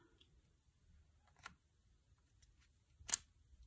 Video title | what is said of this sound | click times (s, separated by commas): How to Change Attachments on the FlexSeries Shaver | everything just snaps right into place very very easy | 3.1 s